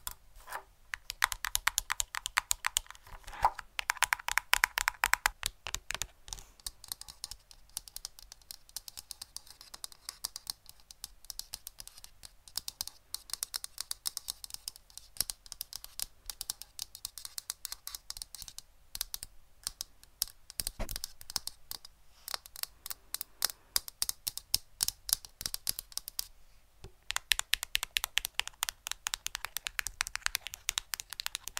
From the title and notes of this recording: ASMR Best Tapping For ULTIMATE Brain Tingles (No Talking).